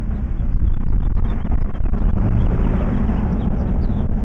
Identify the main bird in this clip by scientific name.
Haemorhous mexicanus